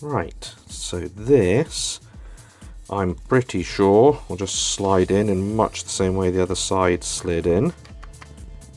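A plastic stalk component from the steering-column stalk assembly of a 9-3's steering column switch module (CIM) is handled and lined up to slide into its housing the same way the other side went in, while someone talks throughout. Nothing has seated or clicked into place yet by the end of the clip.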